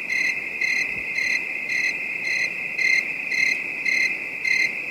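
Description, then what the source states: Shrill continuous cricket tone with pulsing chirps at a steady rhythm, around two per second, over quiet hiss. Night ambience; a calm, distant bed of high-pitched crickets.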